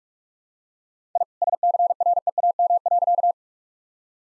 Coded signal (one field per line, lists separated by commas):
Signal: Morse code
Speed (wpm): 46 wpm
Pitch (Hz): 700 Hz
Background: none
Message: I SCREAM.